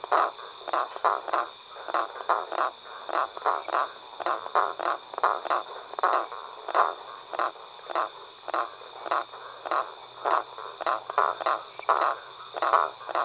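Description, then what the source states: Frogs calling in rasping pulses in a continuous chorus, over a steady high drone. Several frogs at a pond at night.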